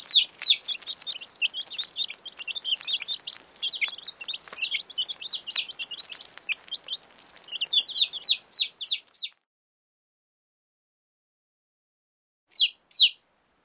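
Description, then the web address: Birds chattering, many quick high chirps overlapping for about nine seconds, then silence, then two brief bursts of chirps near the end. "animali uccelli birds"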